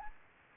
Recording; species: mosquito wingbeat signal from an infrared sensor; Anopheles gambiae